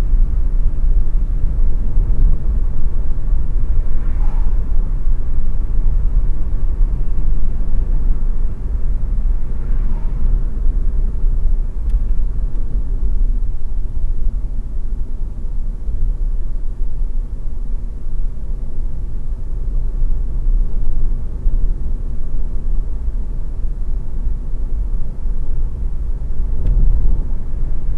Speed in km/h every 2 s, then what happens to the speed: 84, 84, 85, 85, 72, 63, 57, 54, 52, 59, 59, 61, 61, 68.
0-6 steady at about 84. 6-15 brakes to 52. 17-24 steady at about 59. 24-28 speeds up to 68.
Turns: 10-28.